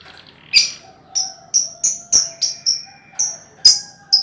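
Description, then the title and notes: Lovebird calling with a steady series of thin, piercing high chirps, roughly two to three per second, over faint lower tones. Ngekek song, used as a lure song (kicau pancingan). "Master Kicau Lovebird ngekek, kicau pancingan"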